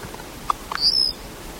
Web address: cantos viudicomun